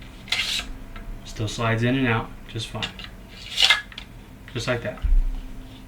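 The top plate of a modular LED gun display stand is handled against the plastic base it was just stress-tested with, producing short rubbing and sliding scrapes while someone talks. Nothing has seated or clicked into place yet.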